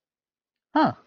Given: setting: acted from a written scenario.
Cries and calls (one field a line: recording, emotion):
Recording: vocal sound without words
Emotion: interest